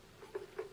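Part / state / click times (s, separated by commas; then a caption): plastic filter component into the external aquarium filter housing / seated / 0.4 s, 0.6 s. A plastic component of a Fluval 206 external aquarium filter is pressed into its seat in the filter housing. Two short, sharp clicks sound at 0.4 s and 0.6 s over a quiet background, and the part snaps into place, seated.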